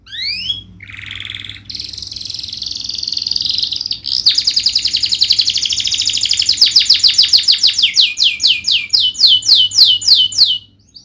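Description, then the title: Domestic canary song opening with short chirps and a raspy buzz, then long rolling trills of rapid falling notes that gradually slow toward the end. Singing in the gacor style with cengkok (melodic twists) and isian (song fillers). "Kenari Gacor Cengkok Isian"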